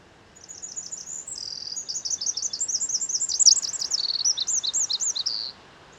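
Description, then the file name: Eurasian wren singing a loud, fast cascade of high trills and sharp chirps for about five seconds, rising slightly in volume midway, with low background hiss. "Troglodytes troglodytes"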